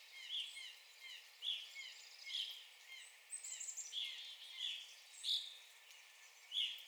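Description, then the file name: Evening grosbeak calls, burry chirps spaced about a second apart amid a busy chorus of fainter twittering birds. Recorded 9 April 2021. "2021-04-09 Evening Grosbeak"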